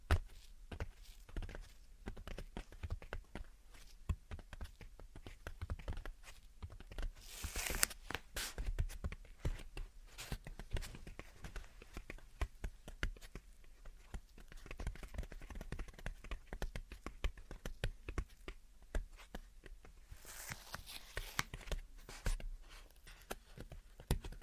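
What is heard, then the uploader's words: Soft, dense tapping and scratching continues for the whole stretch, with rapid uneven clicks and brushing. Brighter scratchy bursts stand out around 7 to 9 seconds and again near 20 to 22 seconds, with a faint low rumble underneath. Gentle Tapping and Scratching. (No Talking).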